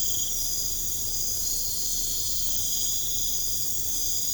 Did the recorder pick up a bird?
no